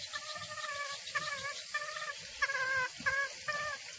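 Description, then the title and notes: Junglefowl calls: a series of harmonic notes given in quick succession over low background noise. Female junglefowl call used as a lure for trapping birds in the forest. "Pancingan Suara Ayam Hutan Betina. Suara ayam hutan jantan buat masteran pikat di hutan. Pemikat Ayam Hutan"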